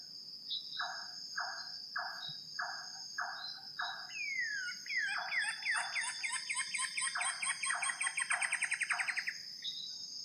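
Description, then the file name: Common paradise kingfisher calling: six harsh, evenly spaced notes, then a long rapid rattling trill that begins with a falling sweep, with a constant high drone behind. "suara cekakak pita biasa"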